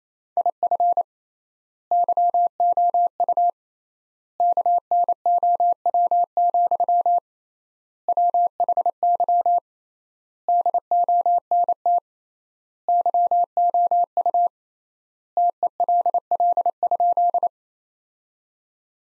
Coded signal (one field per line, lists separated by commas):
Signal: Morse code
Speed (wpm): 28 wpm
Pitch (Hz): 700 Hz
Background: none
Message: IF YOU KNOW, WHY DONT YOU TELL?